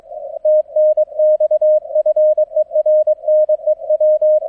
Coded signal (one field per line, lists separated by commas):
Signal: Morse code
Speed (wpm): 23 wpm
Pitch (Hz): 620 Hz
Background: none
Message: TNX FER NEW